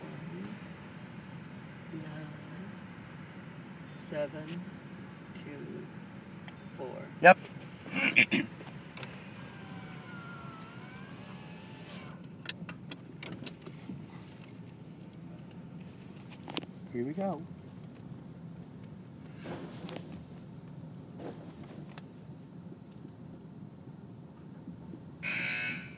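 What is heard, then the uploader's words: A car wash with a steady low rumble of machinery running throughout. Short bright bursts of spray or hissing jets break through now and then, sharpest around seven to eight seconds and near the end, and a few faint voices and clunks appear in between. Car wash!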